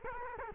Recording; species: mosquito wingbeat signal from an infrared sensor; Culex quinquefasciatus